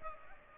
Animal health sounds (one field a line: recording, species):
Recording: mosquito wingbeat signal from an infrared sensor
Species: Aedes aegypti